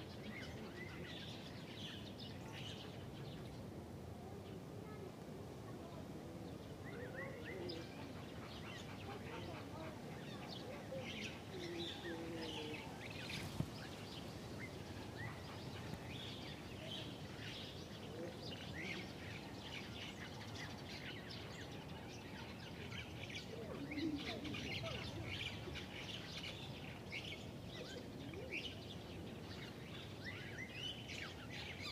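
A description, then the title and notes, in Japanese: Many birds gather in a large tree in a park, their chirps and calls overlapping in a dense, steady chatter throughout. The calls are bright, while a low murmur of voices and traffic fills the background. 公園、鳥がいっぱい。公園にある大きな木にいろんな種類の鳥が集まっていました。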